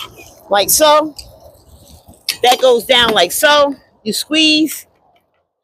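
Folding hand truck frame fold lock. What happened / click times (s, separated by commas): The folding frame is being handled but has not yet locked / none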